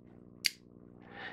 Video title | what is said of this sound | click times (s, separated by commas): Benchmade 917BK Tactical Triage. Allocation of urgency! | So it doesn't lock open, but you can hear it positively clicks into place. | 0.5 s